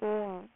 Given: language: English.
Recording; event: throat vibration sensor signal played as sound; speech